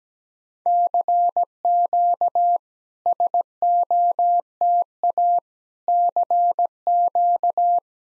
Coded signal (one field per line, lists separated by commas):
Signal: Morse code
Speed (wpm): 17 wpm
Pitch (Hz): 700 Hz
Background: none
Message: CQ SOTA CQ